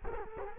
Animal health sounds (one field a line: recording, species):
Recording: mosquito wingbeat signal from an infrared sensor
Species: Culex quinquefasciatus